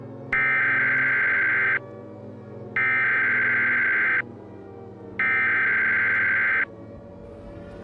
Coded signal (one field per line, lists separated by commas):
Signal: Emergency Alert System (SAME) tones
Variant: header bursts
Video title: The Nuclear Supervolcano: An EAS Scenario